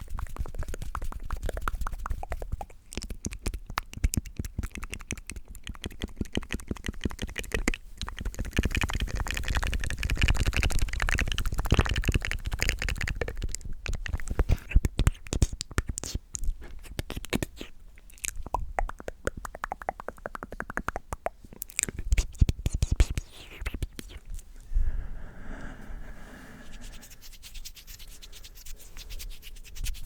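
Close-up mouth sounds: dense wet clicks, smacks and rubbing textures crackle continuously, busiest mid-clip, thinning after about twenty-five seconds.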